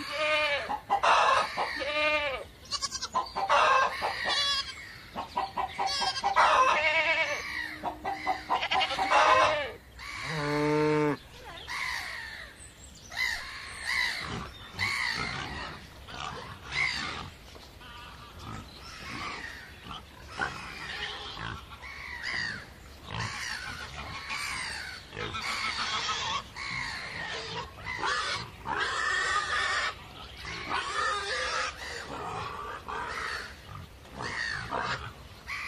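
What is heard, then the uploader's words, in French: Farm animals call busily throughout, with squealing pig-like grunts and clucking fowl, a strong rising squeal near eleven seconds, and constant rustling. A la ferme avec ses animaux.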